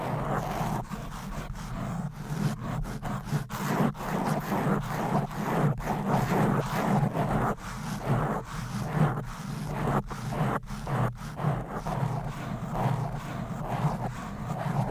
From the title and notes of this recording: ASMR Fast and Aggressive Mic Scratching.